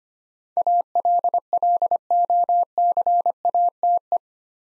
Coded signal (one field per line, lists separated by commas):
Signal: Morse code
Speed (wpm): 25 wpm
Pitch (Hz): 700 Hz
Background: none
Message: ALLOCATE